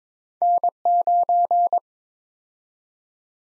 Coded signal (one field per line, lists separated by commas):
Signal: Morse code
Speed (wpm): 22 wpm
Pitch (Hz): 700 Hz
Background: none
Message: N9